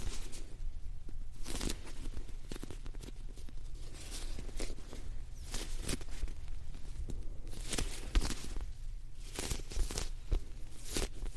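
Soft, fluffy squishing sounds, like something cushiony being pressed again and again. The presses come in an uneven rhythm, roughly one or two per second, each a brief rustling puff. A steady low hum runs underneath throughout.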